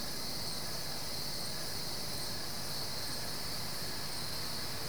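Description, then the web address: Cricket chorus, a continuous high shimmering trill over a steady low rumble. Crickets recorded at night at Goldens Bridge, New York State, United States. "The BBC Sound Effects Library. Goldens Bridge, NY State - crickets at night"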